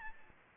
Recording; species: mosquito wingbeat signal from an infrared sensor; Aedes albopictus